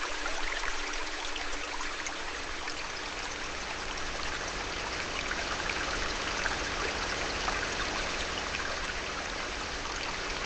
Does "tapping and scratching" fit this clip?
no